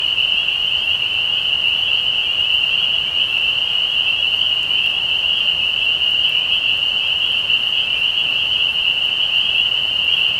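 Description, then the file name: Spring peeper chorus, many shrill high peeps overlapping into a continuous piercing ring with no pauses, steady in loudness from start to finish. Recorded 15 May 2020. "peepers-20200515"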